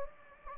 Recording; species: mosquito wingbeat signal from an infrared sensor; Anopheles gambiae